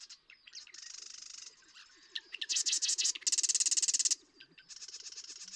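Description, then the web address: Marsh Wren-type buzzy trills and rattles in quick succession, with a lower pulsed churring running beneath the middle. "birdsongforthecurious Marsh Wren"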